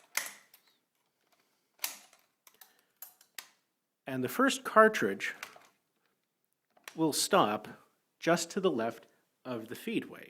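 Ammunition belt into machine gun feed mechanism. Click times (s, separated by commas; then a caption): 0.2 s, 1.8 s. An ammunition belt's starter tab is pulled through the feed mechanism of an MG42 machine gun with the bolt in battery and the top cover closed. Two sharp clicks sound at 0.2 s and 1.8 s as the cartridge passes under the feed pawl, followed by a few fainter clicks, and then someone talks. The belt indexes and seats, with the first cartridge stopping just to the left of the feedway.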